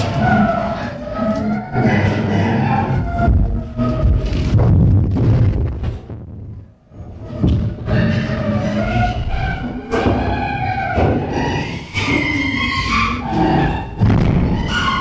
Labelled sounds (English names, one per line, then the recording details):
Chimpanzee
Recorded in captivity
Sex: diverse
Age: diverse
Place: Tierpark Berlin, Berlin, DE
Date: 1964-11-29 10:00
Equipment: Telefunken Magnetophon 300, Sennheiser MD 421, Transistorverstärker, Kopie Smaragd
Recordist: Tembrock, Günter